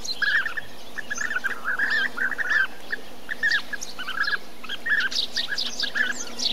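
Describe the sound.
Bee-eater calls, liquid rolling notes in quick runs, pausing briefly, then resuming.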